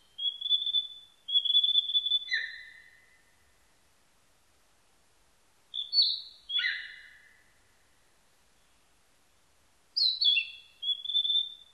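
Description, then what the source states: Narcissus flycatcher song: three clear whistled phrases several seconds apart, each mixing high steady notes with lower sliding whistles. Recorded 21 May 1999.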